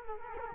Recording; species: mosquito wingbeat signal from an infrared sensor; Culex quinquefasciatus